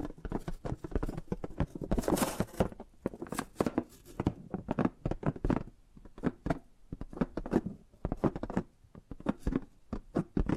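Tapping and gripping sounds come as quick, irregular clusters of sharp clicks and knocks, with brief pauses between groups. A denser, hissier rustle swells around the two-second mark, and the taps continue in uneven bursts to the end.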